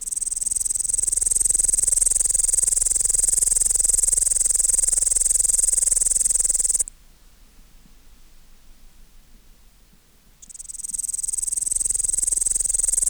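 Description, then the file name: Upland green bush-cricket producing a long, continuous high buzzing song, interrupted by a silent gap of several seconds, then starting again. "Tettigonia cantans"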